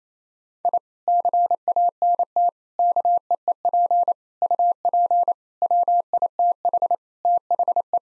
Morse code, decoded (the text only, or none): I CANT KEEP UP WITH THE